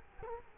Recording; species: mosquito wingbeat signal from an infrared sensor; Culex quinquefasciatus